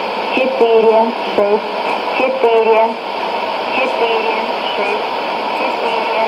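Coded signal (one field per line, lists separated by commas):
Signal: numbers station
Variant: S06s, Russian female voice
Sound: a woman's voice reading short, evenly spaced words through heavy shortwave hiss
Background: radio static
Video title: 31 05 2017 Numbers station S06s Russian Lady in Russian to Eu 0832 on 11565 unknown tx site in CUSB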